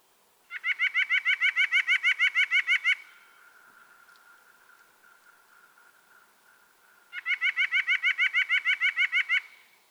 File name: White-breasted Nuthatch